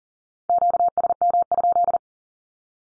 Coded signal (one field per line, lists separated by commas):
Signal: Morse code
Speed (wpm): 40 wpm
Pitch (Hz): 700 Hz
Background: none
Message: QSM?